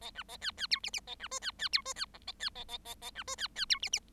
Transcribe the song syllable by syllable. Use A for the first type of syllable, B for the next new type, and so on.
A B A C C D E E A B F C C D F C G A C A A A A B F C C D E E